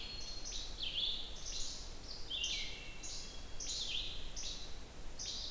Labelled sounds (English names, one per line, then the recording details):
Red-eyed Vireo song
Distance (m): 40 m
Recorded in boreal forest in Alberta, Canada, on 29 June 2016 at 05:52
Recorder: SongMeter 3, array SBT-6-79
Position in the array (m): 120 m, 191 m